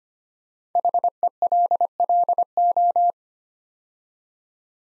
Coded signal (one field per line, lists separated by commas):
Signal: Morse code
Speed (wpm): 25 wpm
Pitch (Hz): 700 Hz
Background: none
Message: HELLO